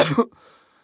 Human element male cough.